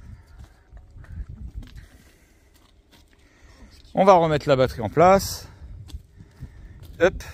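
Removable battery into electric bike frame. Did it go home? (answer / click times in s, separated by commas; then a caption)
no / none. A removable battery for a Fafress FF20 Polar folding electric bike is picked up and lined up with the frame before being pushed home into it, making small, quiet handling knocks. Someone talks between about 4.0 and 5.3 s and again near 7.0 s. Nothing has seated or clicked yet.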